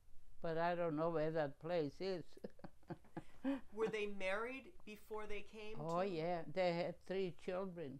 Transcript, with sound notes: but I don't know where that place is. (laughing)
Were they married before they came?
Oh yeah, they had three children.